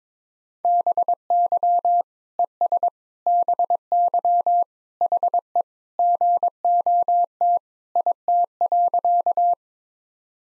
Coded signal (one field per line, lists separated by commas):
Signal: Morse code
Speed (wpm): 22 wpm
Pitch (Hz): 700 Hz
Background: none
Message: BY ES BY HE GOT IT.